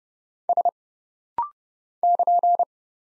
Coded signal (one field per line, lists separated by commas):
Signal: Morse code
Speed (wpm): 29 wpm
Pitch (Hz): 700 Hz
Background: none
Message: S <KN>